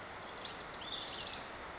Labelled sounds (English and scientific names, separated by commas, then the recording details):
Olive-sided Flycatcher (Contopus cooperi)
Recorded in Sonoma County, California